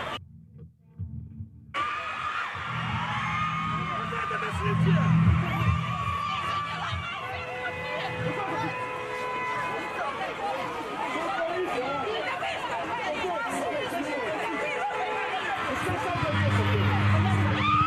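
Recorded at an ongoing protest in Belarus, a dense crowd murmurs and talks continuously, with overlapping voices and steady low background noise throughout.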